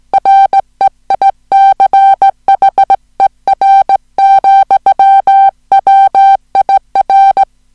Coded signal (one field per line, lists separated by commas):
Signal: Morse code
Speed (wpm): 17 wpm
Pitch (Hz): 780 Hz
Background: music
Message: REICHER, WIR